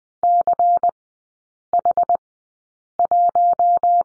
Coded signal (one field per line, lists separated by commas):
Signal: Morse code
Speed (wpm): 20 wpm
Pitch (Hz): 700 Hz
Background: none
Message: CH1